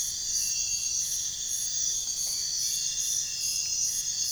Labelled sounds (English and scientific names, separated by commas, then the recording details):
none
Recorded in pastures near Puerto Asís, Putumayo, Colombia, on 23 June 2025 at 04:30
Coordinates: 0.466, -76.322
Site GP07